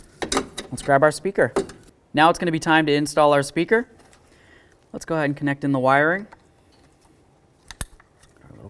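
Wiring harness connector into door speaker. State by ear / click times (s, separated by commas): seated / 7.8 s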